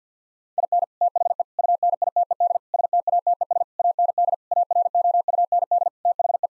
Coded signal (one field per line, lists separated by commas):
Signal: Morse code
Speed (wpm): 50 wpm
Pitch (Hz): 700 Hz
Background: none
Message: IN THE UNITED STATES AND AROUND THE